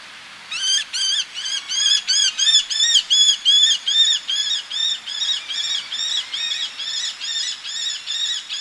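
Eleonora's falcon calling: after a brief quiet start, a steady rapid series of harsh, nasal kek notes continues to the end.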